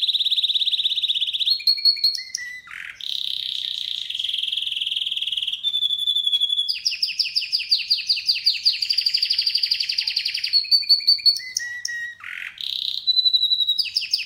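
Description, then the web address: Canary in continuous song: sustained trilled tours at varying pitches, two brief low sweeping notes, quick repeated chips, and fast rolling trills with scattered high notes. "Golchin Best Canari Seda Canari. Niyaz Music)"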